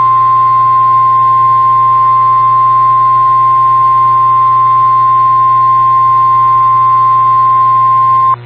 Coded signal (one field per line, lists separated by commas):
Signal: Emergency Alert System (SAME) tones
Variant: 1050 Hz attention tone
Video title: Required Weekly Test EAS 7/16/25 on WXJ41